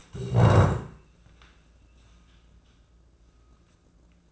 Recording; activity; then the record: daily activity, microphone in the room; stand up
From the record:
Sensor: 2